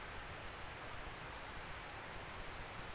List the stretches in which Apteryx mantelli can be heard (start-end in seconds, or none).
none